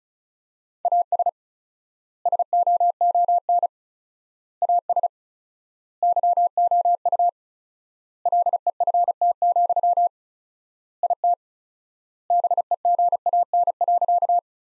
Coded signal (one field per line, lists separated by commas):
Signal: Morse code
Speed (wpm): 34 wpm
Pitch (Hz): 700 Hz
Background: none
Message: AS SOON AS YOU LEFT, IT BEGAN.